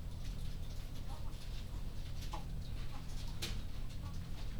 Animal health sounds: poultry house recording; sick chickens (respiratory disease)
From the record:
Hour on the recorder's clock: 20

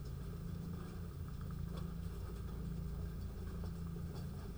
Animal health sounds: poultry house recording; sick chickens (respiratory disease)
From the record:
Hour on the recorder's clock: 3

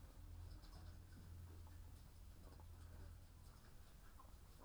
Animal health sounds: poultry house recording; sick chickens (respiratory disease)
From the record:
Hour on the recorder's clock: 13

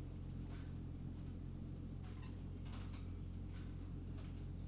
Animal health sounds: poultry house recording; sick chickens (respiratory disease)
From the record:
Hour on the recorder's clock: 19

